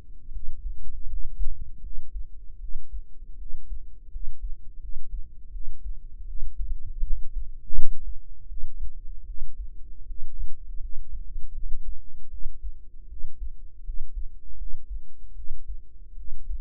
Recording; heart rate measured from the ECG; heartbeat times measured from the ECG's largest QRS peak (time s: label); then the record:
heart sounds by microphone in the right ear; 80 bpm
0.31 s: heartbeat
1.07 s: heartbeat
1.81 s: heartbeat
2.59 s: heartbeat
3.37 s: heartbeat
4.10 s: heartbeat
4.79 s: heartbeat
5.51 s: heartbeat
6.26 s: heartbeat
7.03 s: heartbeat
7.73 s: heartbeat
8.47 s: heartbeat
9.25 s: heartbeat
10.05 s: heartbeat
10.79 s: heartbeat
11.53 s: heartbeat
12.29 s: heartbeat
13.07 s: heartbeat
13.83 s: heartbeat
14.56 s: heartbeat
15.34 s: heartbeat
16.15 s: heartbeat
From the record:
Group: healthy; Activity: rest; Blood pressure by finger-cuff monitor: 99/57 mmHg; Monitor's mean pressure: 71 mmHg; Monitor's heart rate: 78 bpm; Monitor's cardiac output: 7.3 L/min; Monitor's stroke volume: 91 mL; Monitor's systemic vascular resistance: 690 dyn s/cm5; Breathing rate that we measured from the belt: 18 breaths a minute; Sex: female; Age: 19 years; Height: 163 cm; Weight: 48.9 kg